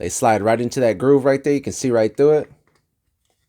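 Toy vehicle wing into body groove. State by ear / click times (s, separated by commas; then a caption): not seated / none. A plastic wing of a G.I. Joe DragonHawk Sigma 6 dropship toy is slid into its groove in the vehicle body while someone talks for about the first 2.5 seconds. A few faint, brief ticks follow at around 2.7 and 3.3 seconds. Nothing has seated or clicked into place yet.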